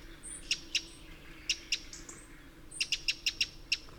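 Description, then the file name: Eurasian wren calls: hard ticking clicks in loose pairs, then a fast burst of six near the end, over a soft background hum and a faint high whistle. "Troglodytes troglodytes"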